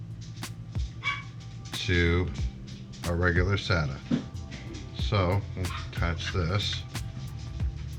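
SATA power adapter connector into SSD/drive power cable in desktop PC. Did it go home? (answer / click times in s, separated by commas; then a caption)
no / none. While fitting an SSD into a Dell Optiplex 3020 small-form-factor desktop during a cleaning and SSD upgrade, a SATA power adapter's plastic connector is handled as it is pushed back into place on the drive power cable. Someone talks throughout, with brief sharp handling ticks near 0.4 s, 0.8 s and 7.6 s. Nothing has seated or clicked yet by the end of the clip.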